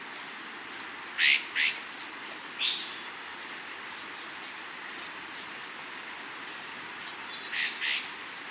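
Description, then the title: Scale-throated Hermit calling: thin, very high squeaky notes, each dropping slightly, repeated about twice a second with a few uneven gaps. Subspecies Phaethornis eurynome eurynome, assumed from location. "LuckyPassaro Completos2Sama. Scale-throated Hermit (Phaethornis eurynome eurynome (ssp assumed from location))"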